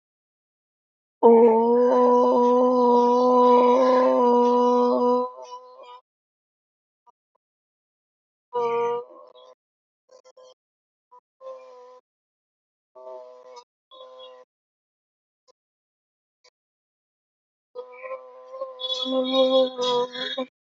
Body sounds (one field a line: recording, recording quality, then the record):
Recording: sustained vowel as in boot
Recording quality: moderate, slight background noise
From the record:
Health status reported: healthy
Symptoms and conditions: none ticked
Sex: female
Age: 23 years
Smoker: not ticked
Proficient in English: yes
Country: India